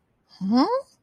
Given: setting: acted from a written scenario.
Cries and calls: vocal sound without words; confusion

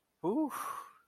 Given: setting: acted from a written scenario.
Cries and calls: vocal sound without words; pride

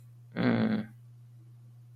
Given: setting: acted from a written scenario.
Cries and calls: vocal sound without words; shame

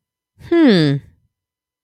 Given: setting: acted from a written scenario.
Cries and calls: vocal sound without words; interest

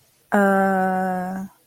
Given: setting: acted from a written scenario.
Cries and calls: vocal sound without words; confusion

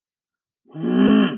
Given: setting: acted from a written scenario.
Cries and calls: vocal sound without words; anger

